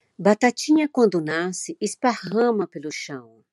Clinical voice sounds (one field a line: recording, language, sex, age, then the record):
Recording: short text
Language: Brazilian Portuguese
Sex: female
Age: 60 to 69 years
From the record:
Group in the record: control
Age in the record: 62 years